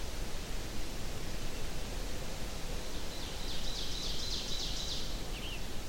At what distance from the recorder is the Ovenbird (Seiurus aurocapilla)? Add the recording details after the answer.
about 85 m. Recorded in boreal forest in Alberta, Canada, on 25 June 2016 at 08:20. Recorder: SongMeter 3, array SBT-6-76. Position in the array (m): 307 m, 91 m. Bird 1